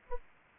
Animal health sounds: mosquito wingbeat signal from an infrared sensor; Anopheles arabiensis

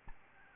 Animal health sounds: mosquito wingbeat signal from an infrared sensor; Aedes albopictus

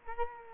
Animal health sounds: mosquito wingbeat signal from an infrared sensor; Culex quinquefasciatus

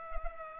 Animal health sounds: mosquito wingbeat signal from an infrared sensor; Culex pipiens

